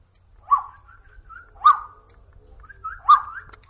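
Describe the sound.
Bird song: three loud, harsh accented notes linked by soft gliding whistles.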